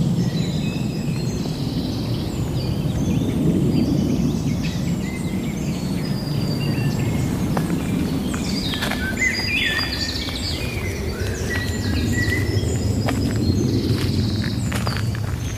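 A soundwalk at the Ludwigsteich near Roßdorf, with a steady low rumble and rushing noise filling the whole stretch. Many birds chirp and trill above it throughout, short bright calls overlapping densely, with a busier cluster of calls around the middle.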